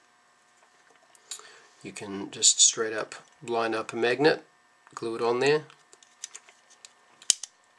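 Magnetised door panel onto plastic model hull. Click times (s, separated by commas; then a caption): 7.3 s. A magnetised door panel is placed against its mating magnet on a plastic miniature vehicle model hull. Someone talks, then a few small taps sound before a sharp click at 7.3 s as the door snaps into place, sitting right up against the other magnet.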